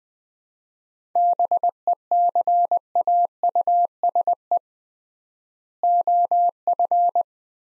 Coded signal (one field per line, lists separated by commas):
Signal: Morse code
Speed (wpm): 20 wpm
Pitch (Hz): 700 Hz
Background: none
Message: BECAUSE OF